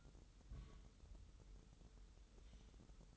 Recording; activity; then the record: daily activity, microphone in the room; place on stove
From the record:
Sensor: 3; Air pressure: 988.3 hPa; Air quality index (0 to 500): 190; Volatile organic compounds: 260 ppm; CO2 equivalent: 4385 ppm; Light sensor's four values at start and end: 24/75/31/27 and 24/75/31/27